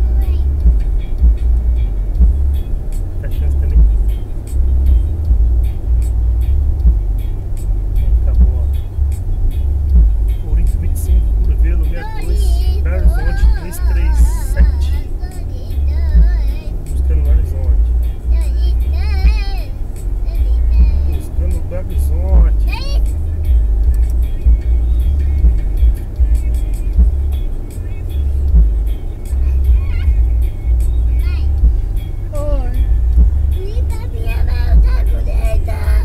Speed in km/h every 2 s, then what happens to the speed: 85, 87, 88, 85, 83, 81, 81, 80, 82, 83, 86, 89, 90, 92, 93, 93, 90, 87.
4-14 slows to 80. 14-27 speeds up to 93.